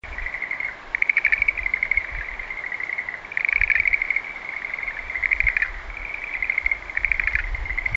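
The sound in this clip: Insect trilling, a steady high trill with several louder pulsed bursts, over faint low rumble.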